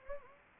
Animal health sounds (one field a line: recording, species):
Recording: mosquito wingbeat signal from an infrared sensor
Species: Anopheles gambiae